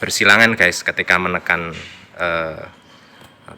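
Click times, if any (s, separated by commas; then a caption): 3.5 s. A CPU cooler's plastic push pins are pressed down through the motherboard holes, with diagonally opposite pins pushed in turn, while someone talks. Near the end, a short sharp click at 3.5 s signals that the pin has locked and seated.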